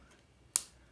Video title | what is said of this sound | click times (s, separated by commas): IMATS NYC Haul 2019 | nice dark plum purple and this just snaps right in with a magnet | 0.6 s